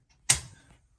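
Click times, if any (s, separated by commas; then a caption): 0.3 s. A hinge retaining clip on a hinged cover door is flipped back after the door's hinge pins have been jiggled into their two slots. One sharp click sounds at 0.3 s, with a short ringing tail fading over the next fraction of a second. The clip clicks shut and the hinge is seated.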